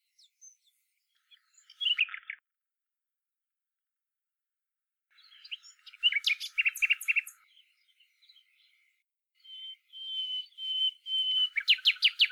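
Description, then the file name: Common nightingale song: phrases of rapid sharp repeated notes and rattles, a sustained high whistle, then a fast loud series of clicking notes, separated by silent pauses. "Luscinia megarhynchos"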